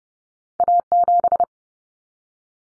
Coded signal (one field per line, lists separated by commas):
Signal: Morse code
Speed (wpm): 30 wpm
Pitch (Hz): 700 Hz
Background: none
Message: A7